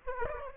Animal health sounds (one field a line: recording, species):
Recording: mosquito wingbeat signal from an infrared sensor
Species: Aedes aegypti